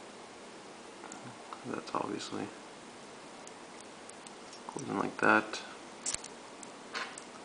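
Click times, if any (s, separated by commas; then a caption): 6.1 s. A metal firing mechanism part of a Panzerfaust 30 is pushed into its groove on the launcher tube while someone talks. It snaps into the locking groove with a sharp tick at 6.1 s and is seated and locked in place.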